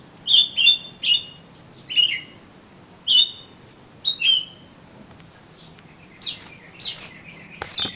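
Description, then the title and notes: Oriental magpie-robin song: clear whistled notes, each slurring downward, given in pairs and singles with short pauses, ending in higher, sharper phrases. "suara kacer. kumpulan suara burung kacer"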